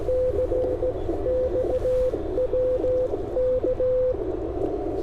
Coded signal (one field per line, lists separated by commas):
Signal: Morse code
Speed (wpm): 16 wpm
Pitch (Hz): 510 Hz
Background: radio noise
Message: CXW K